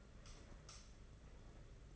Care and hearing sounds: daily activity, microphone in the room; light off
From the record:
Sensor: 4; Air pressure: 992.7 hPa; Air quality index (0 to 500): 169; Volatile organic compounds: 248 ppm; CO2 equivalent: 4355 ppm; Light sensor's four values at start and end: 5/10/4/4 and 5/10/4/4

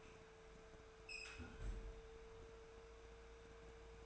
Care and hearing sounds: daily activity, microphone in the room; close fridge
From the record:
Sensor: 2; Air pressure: 1014.8 hPa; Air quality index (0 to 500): 193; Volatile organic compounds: 16 ppm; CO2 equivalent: 2558 ppm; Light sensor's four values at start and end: 8/21/8/9 and 8/21/8/9

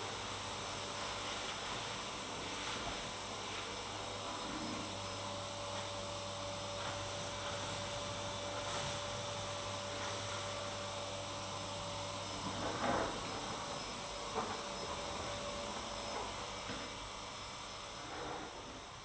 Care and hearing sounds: daily activity, microphone in the room; vacuum cleaning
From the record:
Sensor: 3

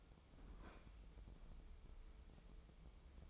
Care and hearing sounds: daily activity, microphone in the room; open fridge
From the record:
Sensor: 1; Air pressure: 988.4 hPa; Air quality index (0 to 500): 199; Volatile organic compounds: 1000 ppm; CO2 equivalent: 5321 ppm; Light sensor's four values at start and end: 27/102/38/40 and 27/102/38/40

